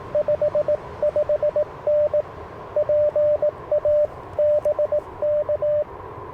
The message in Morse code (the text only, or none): 55N PA BK